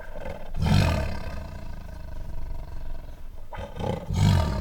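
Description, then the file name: White tiger growling in a deep, continuous rumble, broken by two louder, rough snarling surges near the start and end. White tiger at a zoo, angry, making growls, snarls, snores and roars. "White Tiger at Zoo Makes Angry Growls, Snarls, Snores and Roars [Sound Ideas]"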